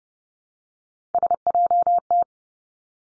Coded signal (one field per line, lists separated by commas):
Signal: Morse code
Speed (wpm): 30 wpm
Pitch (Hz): 700 Hz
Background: none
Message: SJT